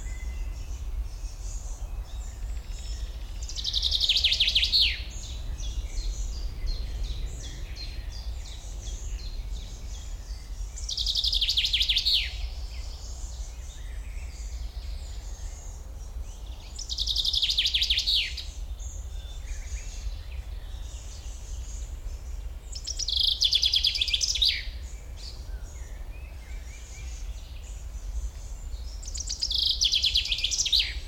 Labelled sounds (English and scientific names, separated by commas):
Common Chaffinch (Fringilla coelebs)